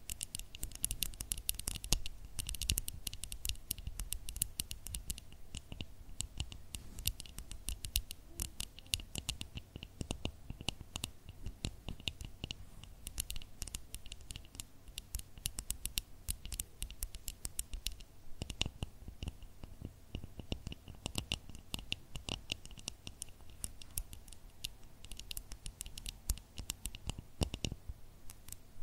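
Tapping, with no talking, runs without a break for the whole half minute: dense, quick, irregular clicks and taps, some sharp and bright, others soft and scratchy. The pace stays busy throughout, over a faint steady hum and a thin high tone.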